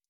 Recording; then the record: hydrophone in a shrimp aquaculture tank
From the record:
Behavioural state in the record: stressed